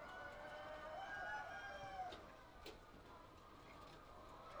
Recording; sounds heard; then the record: poultry house recording; healthy chickens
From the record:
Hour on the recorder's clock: 8